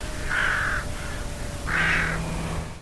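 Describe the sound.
Rook giving two harsh, hoarse caws about a second and a half apart, with a low steady hum in the background.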